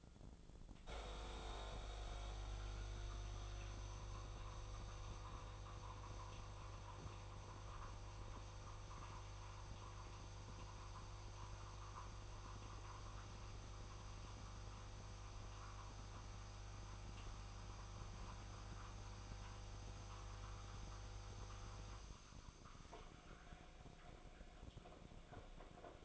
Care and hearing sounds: daily activity, microphone in the room; make coffee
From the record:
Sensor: 5

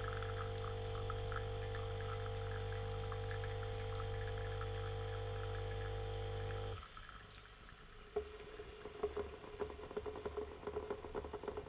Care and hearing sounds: daily activity, microphone in the room; make coffee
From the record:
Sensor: 4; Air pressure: 1010.2 hPa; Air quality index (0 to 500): 180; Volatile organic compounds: 5 ppm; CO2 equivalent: 1826 ppm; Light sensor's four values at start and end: 29/86/33/33 and 28/84/33/32

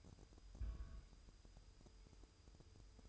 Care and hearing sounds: daily activity, microphone in the room; place on stove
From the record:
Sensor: 2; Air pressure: 988.2 hPa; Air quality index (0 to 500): 190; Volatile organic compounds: 182 ppm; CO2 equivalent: 4149 ppm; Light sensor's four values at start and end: 21/71/28/26 and 21/71/28/27

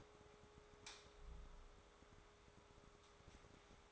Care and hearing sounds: daily activity, microphone in the room; light on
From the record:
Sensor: 3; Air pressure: 1010.2 hPa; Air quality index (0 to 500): 169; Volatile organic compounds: 10 ppm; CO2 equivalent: 2216 ppm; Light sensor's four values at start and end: 49/121/53/58 and 51/129/56/61

